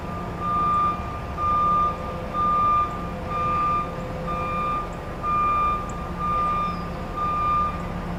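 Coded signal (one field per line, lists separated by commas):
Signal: alarm pattern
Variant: truck reversing alarm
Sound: steady half-second beeps about once per second, roughly 8 in total, over engine rumble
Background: idling truck engine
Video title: Reverse Truck Beeping Ambience Sound Effect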